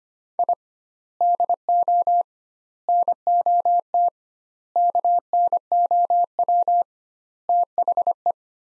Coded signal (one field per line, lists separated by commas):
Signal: Morse code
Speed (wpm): 25 wpm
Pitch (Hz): 700 Hz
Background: none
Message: I DO NOT KNOW THE